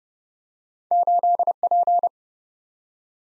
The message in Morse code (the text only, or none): 8P